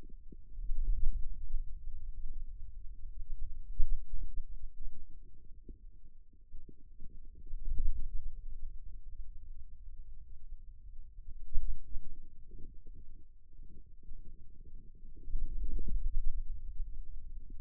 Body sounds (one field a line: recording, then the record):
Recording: forearm muscle sounds (acoustic myography)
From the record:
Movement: ulnar deviation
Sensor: system 2, bracelet of six BSWA MPA416 microphones around the upper forearm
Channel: 5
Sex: male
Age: 22 years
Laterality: right